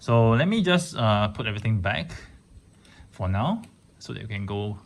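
Someone talks while handling a cast-off armor panel to fit it back into the body of a Bandai Metal Build RX-93-V2 Hi-V Gundam (Hi Nu) die-cast metal action figure, with a brief faint handling sound near 2.9 s. The clip ends before the panel goes home, and nothing has seated or clicked yet.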